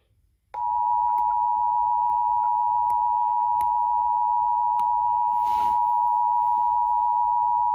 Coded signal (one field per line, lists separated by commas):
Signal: Emergency Alert System (SAME) tones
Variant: 853 and 960 Hz attention tone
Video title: Emergency Alert System Test Warning- May 21, 2019